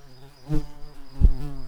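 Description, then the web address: Garden bumblebee buzzing, a low, steady droning hum that swells twice into louder bursts of wingbeat noise. Queen. "Hortorum queens"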